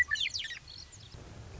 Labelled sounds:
Western Meadowlark
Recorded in Sonoma County, California

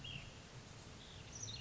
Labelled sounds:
Ash-throated Flycatcher
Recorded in Sonoma County, California

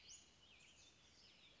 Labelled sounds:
Western Flycatcher
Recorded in Sonoma County, California

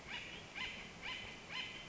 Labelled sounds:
Acorn Woodpecker
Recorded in Sonoma County, California

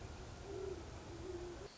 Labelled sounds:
Great Horned Owl
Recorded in Sonoma County, California

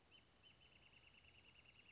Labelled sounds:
Wrentit
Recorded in Sonoma County, California

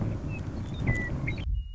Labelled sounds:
Western Meadowlark
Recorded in Sonoma County, California

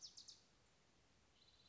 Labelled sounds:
Bewick's Wren
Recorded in Sonoma County, California

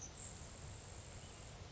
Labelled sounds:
Grasshopper Sparrow
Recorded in Sonoma County, California

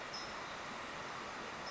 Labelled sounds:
California Towhee
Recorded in Sonoma County, California

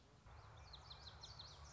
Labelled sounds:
Common Yellowthroat
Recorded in Sonoma County, California

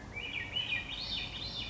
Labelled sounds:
Swainson's Thrush
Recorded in Sonoma County, California

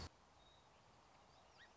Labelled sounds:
Song Sparrow
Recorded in Sonoma County, California

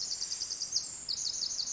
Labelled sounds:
Pacific Wren
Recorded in Sonoma County, California

